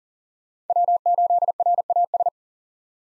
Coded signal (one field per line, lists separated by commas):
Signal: Morse code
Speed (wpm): 37 wpm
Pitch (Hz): 700 Hz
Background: none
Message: W8RAS